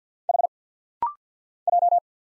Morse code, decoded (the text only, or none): H J